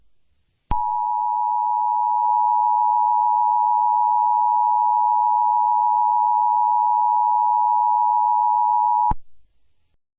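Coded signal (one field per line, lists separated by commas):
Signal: Emergency Alert System (SAME) tones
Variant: 853 and 960 Hz attention tone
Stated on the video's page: Fictional EAS scenario using valid EAS tones.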